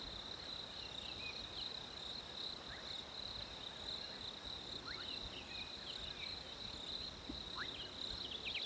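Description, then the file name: Cricket trill held high and constant throughout, with a handful of quick bird chirps and soft background hiss. Winter ambience with crickets and birds. "fresh winter crickets birds"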